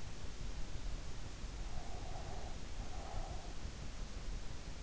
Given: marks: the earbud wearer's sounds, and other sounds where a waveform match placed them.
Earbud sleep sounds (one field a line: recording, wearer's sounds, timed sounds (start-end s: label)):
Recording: sounds in sleep by an in-ear microphone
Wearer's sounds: breath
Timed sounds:
1.65-3.55 s: breath